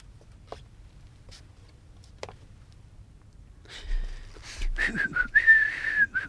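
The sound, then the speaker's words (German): After a few seconds of near silence with faint ticks, rustling and shuffling noise builds, and a person whistles a short, wavering high note near the end as a warning that someone is coming, clear above the clatter. “Und wenn einer kommt, dann pfeifst du.”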